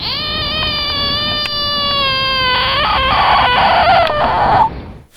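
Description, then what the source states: Bullfrog distress call: a long, steady, tonal scream held for about two and a half seconds, then breaking into a harsher, noisier, wavering cry before stopping abruptly. Played example of a bullfrog feeling threatened.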